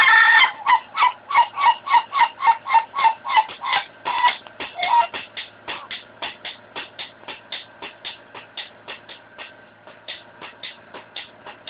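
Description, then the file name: Ayam Ketawa chicken crow, a fast steady stream of clipped laughing syllables, roughly three or four each second, slowly growing fainter over the whole stretch. Ayam Ketawa chicken crow in the 'dangdut slow' voice type, described as 'crystal'. "jenis bunyi ayam ketawa suara dangdut slow crystal"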